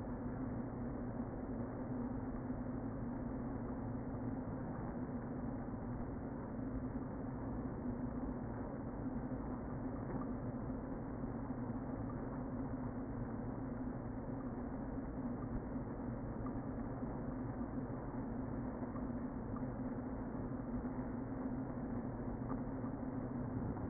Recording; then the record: honeybee colony, microphone inside the hive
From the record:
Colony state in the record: queen present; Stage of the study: before two queens were removed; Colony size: about 60,000 bees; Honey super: yes